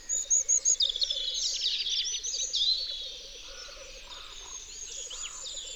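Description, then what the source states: European robin song: fast, high, thin warbling phrases with sliding notes, over a steady low pulsing trill, with soft lower notes toward the end. Recorded in Isère, France.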